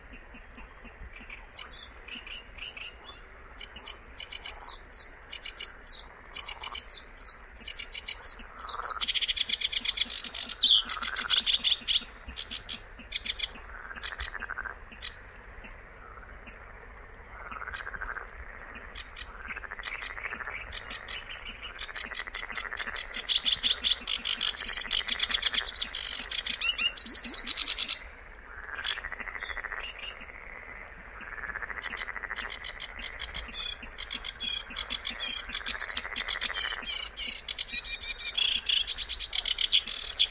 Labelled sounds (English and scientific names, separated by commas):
Sedge Warbler (Acrocephalus schoenobaenus) song